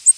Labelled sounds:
Ovenbird flight call

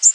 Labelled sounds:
Black-and-white Warbler flight call

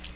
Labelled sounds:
Magnolia Warbler flight call

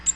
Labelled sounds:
Cape May Warbler flight call

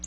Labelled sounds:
Black-throated Blue Warbler flight call

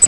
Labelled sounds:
Grace's Warbler flight call

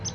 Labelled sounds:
Palm Warbler flight call

